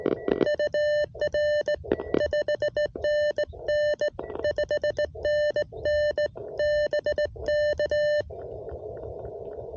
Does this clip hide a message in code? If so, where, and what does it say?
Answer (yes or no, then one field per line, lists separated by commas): yes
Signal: Morse code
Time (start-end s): 0.5-8.2 s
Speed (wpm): 18 wpm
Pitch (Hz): 590 Hz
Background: none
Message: UR 5NN 5NN BK